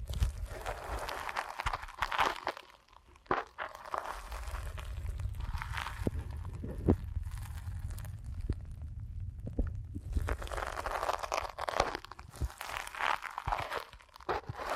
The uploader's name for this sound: ASMR Deep Ear Canal Massage